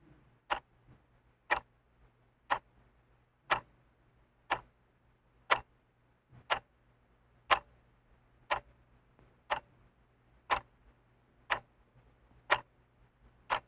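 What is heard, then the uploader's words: A small alarm clock ticks steadily, one crisp, bright click roughly every second, evenly spaced across the whole stretch. The ticks are sharp with quiet gaps between them, over a faint low hum in the background. Clock Ticking - Small Alarm Clock- 96 kHz 24 Bit.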